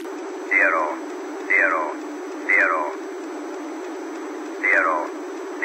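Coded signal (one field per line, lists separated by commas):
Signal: numbers station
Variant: E06, English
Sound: a voice slowly reading repeated short words, about one per second, over radio hiss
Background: radio static, low hum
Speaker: the end of the message was six zeroes in T sense of fries and I'll play that now 000000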